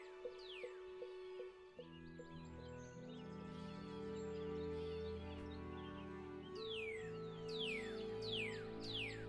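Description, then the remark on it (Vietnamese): Birds chirp and twitter in quick, high descending calls, moving from branch to branch, over a sustained low tonal drone, with a few soft rhythmic taps at the start and a brighter burst of chirps near the end. “Tiếng chim líu lo chuyển từ cành này qua cành khác, đánh thức thầy Lương tỉnh dậy sau một giấc ngủ an lành.”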